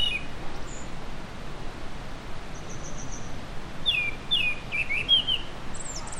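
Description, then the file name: Japanese Thrush song: a brief opening note, then around four seconds a quick run of clear whistled phrases sliding downward, with faint thin high notes from another bird and steady background hiss. "kurotugumi"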